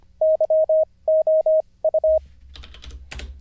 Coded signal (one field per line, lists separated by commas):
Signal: Morse code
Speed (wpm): 24 wpm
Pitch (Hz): 630 Hz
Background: none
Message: YOU